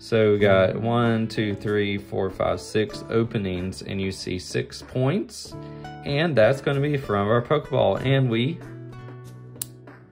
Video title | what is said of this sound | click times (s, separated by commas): How to Make a 3D Poke' Ball with Perler Beads! Easy Step-by-Step Guide. #3dperlerbeads #pokeball | snap into place place | 9.6 s